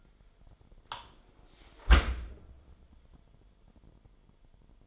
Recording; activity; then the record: daily activity, microphone in the room; close dishwasher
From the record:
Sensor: 5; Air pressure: 998.4 hPa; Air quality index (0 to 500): 81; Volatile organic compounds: 1 ppm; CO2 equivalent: 918 ppm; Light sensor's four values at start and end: 21/50/21/23 and 21/50/21/23